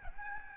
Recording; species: mosquito wingbeat signal from an infrared sensor; Aedes albopictus